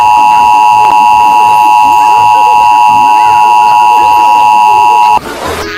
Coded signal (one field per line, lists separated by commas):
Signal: Emergency Alert System (SAME) tones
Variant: 853 and 960 Hz attention tone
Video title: Bird Jr Television EAS IS Coming dec 27, 2019